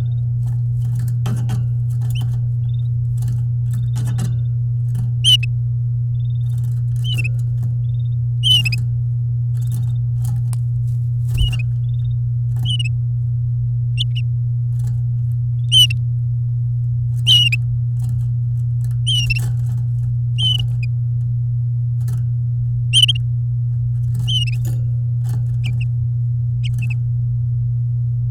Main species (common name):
Domestic Canary